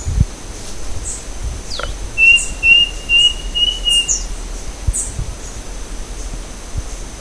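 Bird calls with one thin, high, level trill lasting about two seconds, a few faint chirps around it, over a constant hiss.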